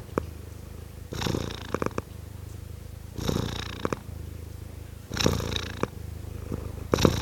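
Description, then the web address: Domestic cat purring: a steady low rumble, with a louder, breathy rasping surge roughly every two seconds. Purring of a tom cat. "BBC Cats Purring"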